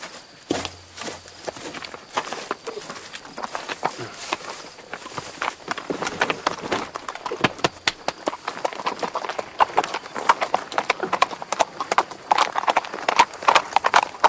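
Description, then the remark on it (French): Horse hooves clip-clop steadily in a quick, uneven walking rhythm, sharp knocks that grow louder and denser toward the end, with no voices. “Votre cheval a beaucoup d'esprit, mais mon lourdeau a du bon sens.”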